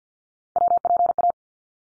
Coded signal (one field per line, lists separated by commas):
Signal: Morse code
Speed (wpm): 50 wpm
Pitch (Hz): 700 Hz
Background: none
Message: WPA